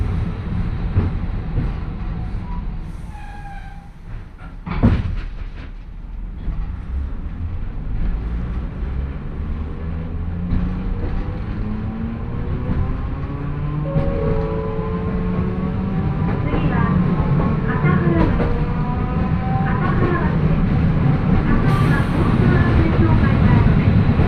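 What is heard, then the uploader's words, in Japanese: A train with nose-suspended traction motors howls as it pulls away. Rising, overlapping whines climb steadily in pitch over a heavy low rumble that grows louder throughout, with a sharp clunk near five seconds and faint voices early on. 万葉線 高岡駅→越ノ潟。しばらくは道路上を走る路面電車的な感じで信号機に従っていき、六渡寺駅から終点までが専用軌道の路線になります。電車は吊りかけモーターなので中々の唸りをあげています。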